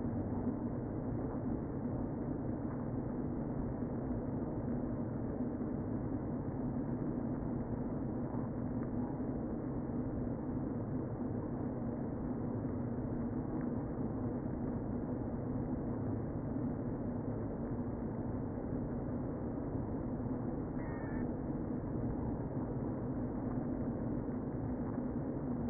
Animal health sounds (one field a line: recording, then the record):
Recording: honeybee colony, microphone inside the hive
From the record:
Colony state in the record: queen present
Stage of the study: before two queens were removed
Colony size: about 60,000 bees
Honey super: yes